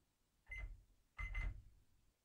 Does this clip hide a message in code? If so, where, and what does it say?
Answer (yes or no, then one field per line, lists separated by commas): no